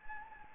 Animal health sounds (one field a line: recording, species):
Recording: mosquito wingbeat signal from an infrared sensor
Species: Anopheles gambiae